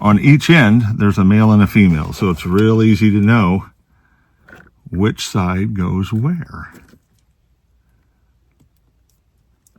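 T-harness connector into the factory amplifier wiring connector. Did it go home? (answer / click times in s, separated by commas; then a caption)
no / none. Someone talks while handling the male and female plastic connectors of a subwoofer T-harness for an 8-inch Hertz subwoofer installation in a GR Corolla, about to plug into the factory amplifier wiring connector. A few faint ticks of handling come around 4.5 s between the talk, and soft taps sound near the quiet end. Nothing has seated or clicked yet.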